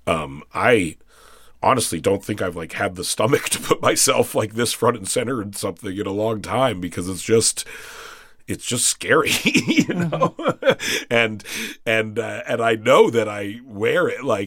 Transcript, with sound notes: I honestly don't think I've, like, had the stomach to put myself, like, this front and center in something in a long time because it's just scary (laughter), you know? And I know that I wear it.